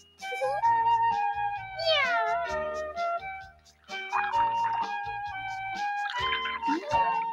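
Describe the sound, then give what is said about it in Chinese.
A black cat named Luna meows a few times in the 1987 TVB Cantonese City Hunter cartoon, rising and falling wails that stand out over a steady, bright musical background; no one speaks. “你屋企咧有只猫叫做露娜嘅，我希望你好好咁爱护佢啊。”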